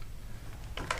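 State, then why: Seated. A combo trigger assembly for a Newborn 860 Series pneumatic nailer/stapler is slid up into the tool's handle housing until it locks into place. After a quiet, low hum, two sharp clicks are heard at 0.8 s and 0.9 s, the second louder. The trigger assembly is seated and locked.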